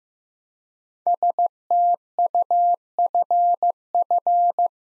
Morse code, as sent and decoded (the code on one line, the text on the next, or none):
... - ..- ..-. ..-.
STUFF